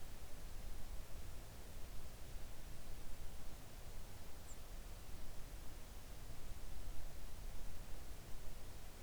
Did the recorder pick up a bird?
yes